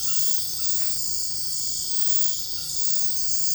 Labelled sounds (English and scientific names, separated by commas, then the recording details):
none
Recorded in dense forest near Puerto Asís, Putumayo, Colombia, on 21 February 2024 at 04:30
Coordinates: 0.487, -76.319
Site G6403